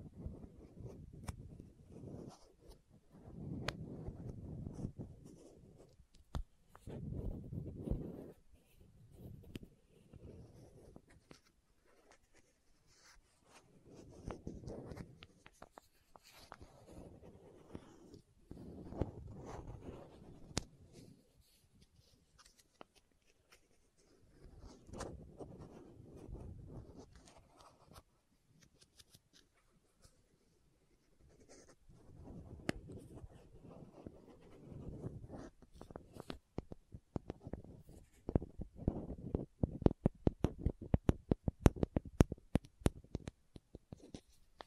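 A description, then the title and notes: Scratching and rubbing against a lid come in low, rough bursts of a few seconds each, separated by quieter gaps. Sharp taps punctuate the scratching throughout. They grow denser and louder after about 37 seconds, forming a fast, uneven run of clicks on the bottle. Lid Sounds & Bottle Tapping, Scratching.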